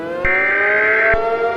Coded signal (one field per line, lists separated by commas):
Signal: Emergency Alert System (SAME) tones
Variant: header bursts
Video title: An Abundance of Cutie Marks 2: The Return (EAS Scenario)